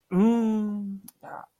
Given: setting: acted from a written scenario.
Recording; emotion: vocal sound without words; pain